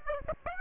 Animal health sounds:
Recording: mosquito wingbeat signal from an infrared sensor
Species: Aedes aegypti

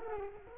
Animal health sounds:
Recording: mosquito wingbeat signal from an infrared sensor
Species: Culex quinquefasciatus

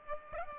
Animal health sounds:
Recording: mosquito wingbeat signal from an infrared sensor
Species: Aedes aegypti

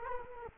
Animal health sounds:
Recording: mosquito wingbeat signal from an infrared sensor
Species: Culex quinquefasciatus

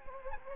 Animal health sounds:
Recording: mosquito wingbeat signal from an infrared sensor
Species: Anopheles gambiae

